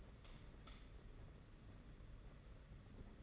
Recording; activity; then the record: daily activity, microphone in the room; light on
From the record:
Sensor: 4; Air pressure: 992.7 hPa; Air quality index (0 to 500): 172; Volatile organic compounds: 283 ppm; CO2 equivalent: 4442 ppm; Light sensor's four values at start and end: 4/8/3/3 and 5/10/4/4